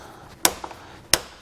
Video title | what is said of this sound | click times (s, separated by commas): Installation Guide for the Yakima RidgeLine Roof Rack for Flush Rails on a 2019 Hyundai Santa Fe | When you hear those clicks right there, you know it's fully torqued. | 0.5 s, 1.1 s